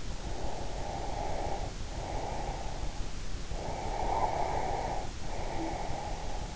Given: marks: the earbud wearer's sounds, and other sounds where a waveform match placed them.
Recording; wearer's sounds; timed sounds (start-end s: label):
sounds in sleep by an in-ear microphone; breath
0.22-2.98 s: breath
3.55-6.52 s: breath